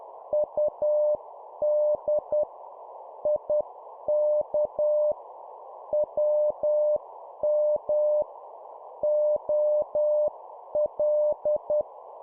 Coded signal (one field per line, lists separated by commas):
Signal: Morse code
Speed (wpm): 10 wpm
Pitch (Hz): 600 Hz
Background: none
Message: UD IK WM OL